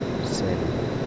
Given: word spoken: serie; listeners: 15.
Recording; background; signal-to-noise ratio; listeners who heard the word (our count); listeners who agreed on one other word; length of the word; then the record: one Spanish word in noise, from a listening test; speech-shaped noise; -5.2 dB; 0 of 15; 12 of 15; 0.66 s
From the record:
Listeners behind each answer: 12, 2, 1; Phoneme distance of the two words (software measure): 14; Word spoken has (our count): 2 syllables, 5 phonemes, stress on syllable 1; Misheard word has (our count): 1 syllable, 3 phonemes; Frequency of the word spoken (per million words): 168.30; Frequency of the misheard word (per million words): 1526.78